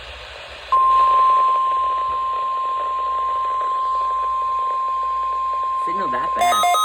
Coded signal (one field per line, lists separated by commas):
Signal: Emergency Alert System (SAME) tones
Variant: 1050 Hz attention tone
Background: speech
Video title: EAS 41: NWS RWT for the week of May 25